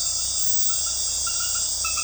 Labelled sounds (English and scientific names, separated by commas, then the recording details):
none
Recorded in dense forest near Puerto Asís, Putumayo, Colombia, on 20 February 2024 at 23:30
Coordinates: 0.487, -76.319
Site G6403